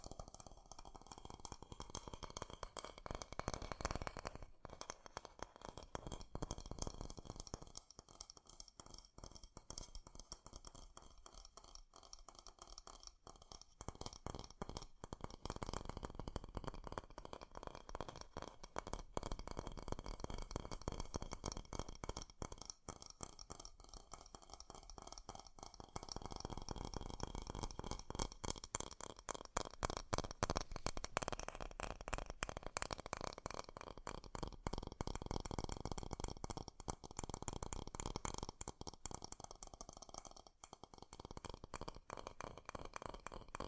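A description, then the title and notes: Fast tapping continues without pause for the whole stretch, dense and quick, with the taps running together into a steady patter. The sound is bright and clicky, with fuller, heavier passages around 5, 15 and 25 seconds, and no voice or other background sound. ASMR 3D Fast Tapping.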